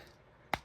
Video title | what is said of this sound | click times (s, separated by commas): Street sharks streex and slammu review | until you hear it click | 0.5 s